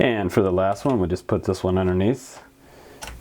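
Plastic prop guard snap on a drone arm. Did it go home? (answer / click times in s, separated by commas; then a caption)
yes / 3.0 s. A plastic prop guard is fitted under the last arm of a DJI Mavic Pro folding camera drone, with its plastic top piece pressed on and the small plastic snaps pushed down until they lock. Someone talks, then after a quiet stretch a single sharp snap click is heard at 3.0 s. The prop guard is seated and locked into place.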